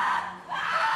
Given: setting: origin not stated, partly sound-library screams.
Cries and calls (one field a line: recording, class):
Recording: one-second piece from a danger detection set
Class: woman in danger